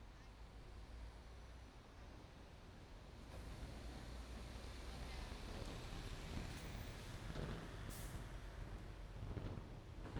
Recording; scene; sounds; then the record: everyday scene through a hearing-aid microphone; in traffic; traffic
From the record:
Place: main road on the outskirts, rush hour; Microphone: behind the ear, right, rear